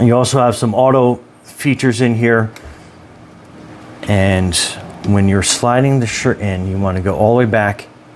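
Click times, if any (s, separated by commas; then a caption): none. Someone talks about a VEVOR auto heat press machine, 15 x 15", while the shirt platen slide-out base is being handled and slid back into the heat press frame. The clip is mostly speech with a low background hum. Nothing has seated or clicked into place yet.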